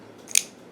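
A Kizer Cutlery Ki3404A1 titanium frame-lock folding knife is flipped open, its blade swinging out to full deployment. A short rush of high-frequency motion ends in one sharp, bright click at 0.4 s as the frame lock engages. This blade usually stops short of locking, but this time it opens fully and locks.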